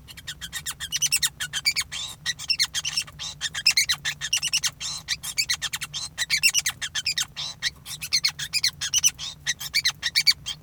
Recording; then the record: song of a male Bengalese finch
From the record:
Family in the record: son of father 5